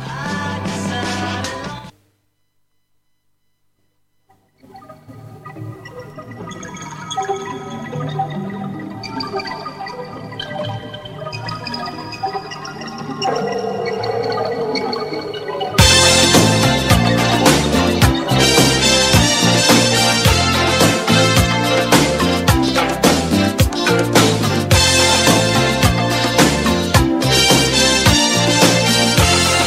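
A cheesy pop song plays on a radio programme with no talking: after a brief silence, a soft intro of watery swooshes and chiming melodic tones builds, then the full band kicks in loud and steady halfway through.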